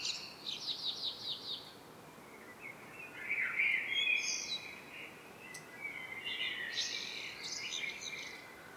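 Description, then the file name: Common blackbird song: a rapid series of thin high notes, then low fluting warbles mixed with squeaky twittering that carries on to the end. "Turdus merula"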